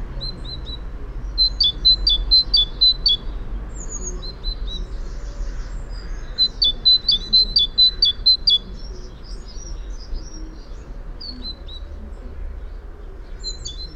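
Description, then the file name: Great tit giving two bursts of rapid paired high notes, each lasting about two seconds, separated and followed by sparse thin notes. "Parus major"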